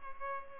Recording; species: mosquito wingbeat signal from an infrared sensor; Culex pipiens